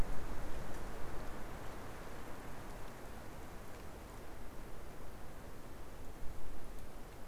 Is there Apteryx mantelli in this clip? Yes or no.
no